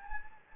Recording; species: mosquito wingbeat signal from an infrared sensor; Anopheles gambiae